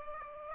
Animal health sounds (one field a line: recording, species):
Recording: mosquito wingbeat signal from an infrared sensor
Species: Aedes aegypti